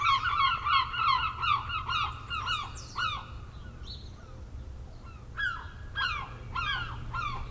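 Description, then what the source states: Gull calls: a rapid run of nasal yelps, then a few spaced calls, with a low steady hum underneath. Recorded 10 August 2006.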